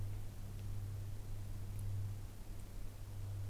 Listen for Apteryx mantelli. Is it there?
no